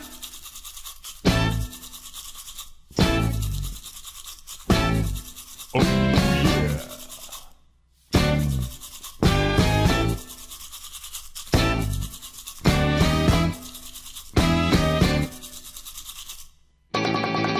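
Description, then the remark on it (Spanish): A toothbrush scrubs teeth in a steady rhythm of loud, bristly back-and-forth strokes, roughly a dozen bursts with brief gaps between them, opening with a short spoken exclamation. “Cuando saco mi cepillo a pasear. ¿Y cómo suena?”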